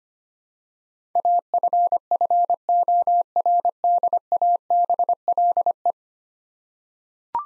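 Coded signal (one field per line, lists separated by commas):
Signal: Morse code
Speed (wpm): 25 wpm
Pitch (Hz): 700 Hz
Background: none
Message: AFFORDABLE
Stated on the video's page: Morse practice drill of 10-letter words at 25 wpm, each word sent twice.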